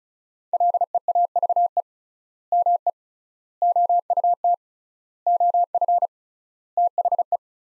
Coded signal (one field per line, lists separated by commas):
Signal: Morse code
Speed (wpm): 36 wpm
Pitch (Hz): 700 Hz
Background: none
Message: LEAVE ME OUT OF THE